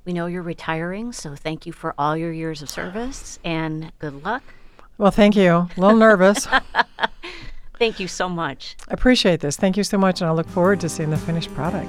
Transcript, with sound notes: We know you're retiring, so thank you for all your years of service, and good luck!
Well, thank you. Little nervous! [LAUGHTER]
Thank you so much.
I appreciate this. Thank you so much, and I'll look forward to seeing the finished product.